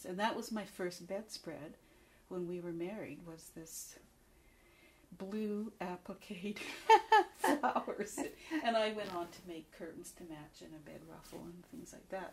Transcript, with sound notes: And that was my first bedspread when we were married -- was this blue appliquéd -- (laughs) --flowers. And I went on to make curtains to match it -- a bed ruffle and things like that.